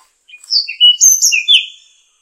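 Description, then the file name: Tanahjampea Blue Flycatcher song, a short phrase of high thin whistled notes, some sliding, lasting about one and a half seconds. "sikatan tanahjampea"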